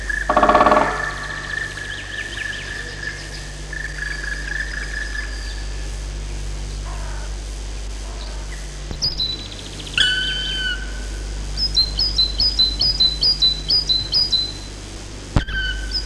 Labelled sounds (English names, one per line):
Black Woodpecker